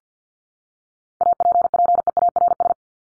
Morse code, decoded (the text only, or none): APPEARS